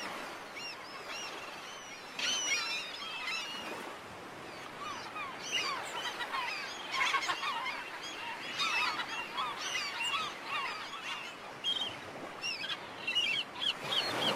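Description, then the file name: Grey-headed gull calls, a dense chorus of harsh, overlapping squawks from many birds, continuing without pause throughout. "Canto da gaivota de cabeca cinza"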